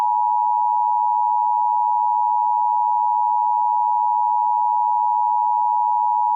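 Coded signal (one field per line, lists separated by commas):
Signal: Emergency Alert System (SAME) tones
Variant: 853 and 960 Hz attention tone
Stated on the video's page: Fictional mock EAS alert about a creature based on Minecraft's Breeze.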